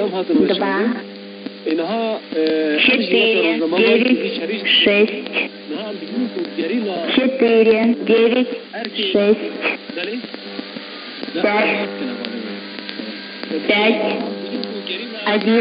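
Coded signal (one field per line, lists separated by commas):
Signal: numbers station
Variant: S06s, Russian female voice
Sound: female voice reading short words in Russian with small, fairly regular pauses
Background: radio static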